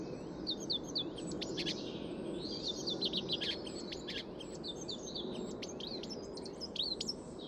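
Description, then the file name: Eurasian blackcap singing: fast, scratchy warbling phrases with high, sharp notes packed closely together over a constant low hum. "Sylvia atricapilla"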